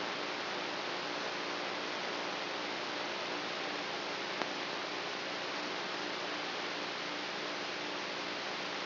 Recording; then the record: brain microelectrode recording played as sound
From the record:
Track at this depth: inside the subthalamic nucleus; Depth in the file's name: 1.606 mm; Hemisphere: right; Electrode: 3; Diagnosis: Parkinson's disease